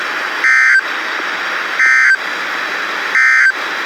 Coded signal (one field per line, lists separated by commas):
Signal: Emergency Alert System (SAME) tones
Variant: end-of-message bursts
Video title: Valid EAS: Special Marine Warning-(EAS #14)